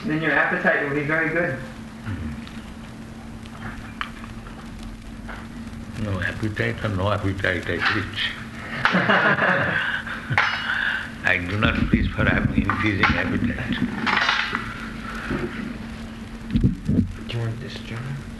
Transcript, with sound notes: Then your appetite will be very good.
No, appetite or no appetite, I preach. [laughter] I do not preach for increasing appetite.
Do you want this jar?